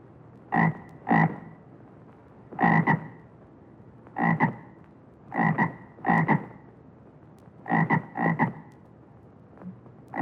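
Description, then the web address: Frog croaking in low, rattling bursts, often doubled, repeating irregularly about every one to two seconds over faint background hiss. "Madacy Music Group Inc 292 Sound Effects. Frogs"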